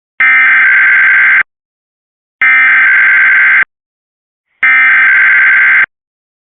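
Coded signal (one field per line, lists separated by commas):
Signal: Emergency Alert System (SAME) tones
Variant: header bursts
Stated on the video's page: Tornado Warning for New Jersey, Pennsylvania and Delaware.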